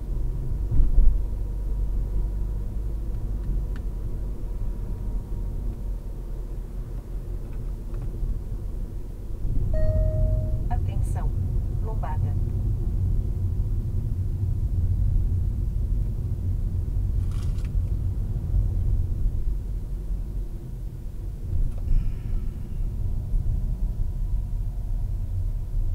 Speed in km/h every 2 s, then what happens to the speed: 44, 45, 42, 39, 39, 37, 32, 29, 29, 29, 28, 18, 15.
0-14 slows to 29. 14-20 steady at about 29. 20-26 slows to 15.